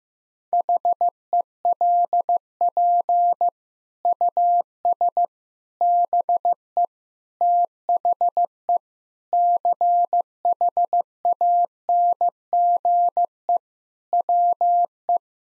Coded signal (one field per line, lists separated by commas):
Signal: Morse code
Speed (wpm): 16 wpm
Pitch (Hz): 700 Hz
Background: none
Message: HELP US BE THE CHANGE WE